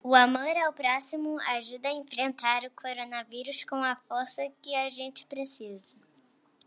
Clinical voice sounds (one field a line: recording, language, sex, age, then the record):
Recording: spoken sentence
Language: Brazilian Portuguese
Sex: female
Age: 30 to 39 years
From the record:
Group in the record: control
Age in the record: 36 years